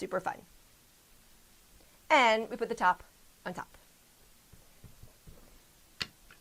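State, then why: Seated. Someone talks while pressing the top cap onto a Nikken PiMag Waterfall System water filter cartridge that has been reassembled with its pre-filter pads. A sharp, short click sounds at 6.0 s as the cap seats into place.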